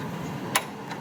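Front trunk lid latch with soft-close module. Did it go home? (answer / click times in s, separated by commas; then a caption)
yes / 0.6 s. A Tesla Model S front trunk lid with a soft-close latch module is pressed down until the latch's second stage clicks over a small silver sensor tab. A single sharp click sounds at 0.6 s over a low, steady background hum, with a faint softer tick near 0.9 s. The second click engages and the frunk lid is seated.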